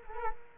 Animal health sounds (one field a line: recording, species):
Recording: mosquito wingbeat signal from an infrared sensor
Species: Culex quinquefasciatus